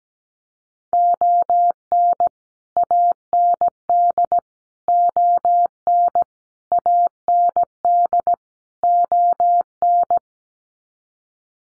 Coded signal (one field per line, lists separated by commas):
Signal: Morse code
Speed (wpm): 17 wpm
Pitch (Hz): 700 Hz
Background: none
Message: ON AND ON AND ON